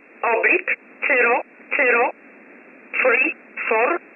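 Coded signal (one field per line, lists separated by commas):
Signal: numbers station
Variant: E11 Oblique, English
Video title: 14 07 2021 Number station E11 Oblique in English to Eu 0745 on 15720 unknown tx site in USB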